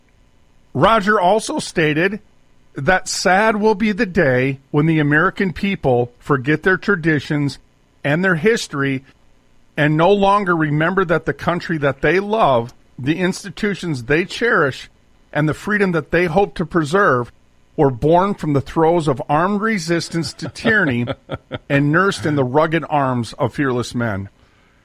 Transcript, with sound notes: Roger also stated that, "Sad will be the day when the American people forget their traditions and their history....
and no longer remember that the country that they love, the institutions they cherish, and the freedom that they hope to preserve were born from the throes of armed resistance to tyranny-
(laughs)
... and nursed in the rugged arms of fearless men.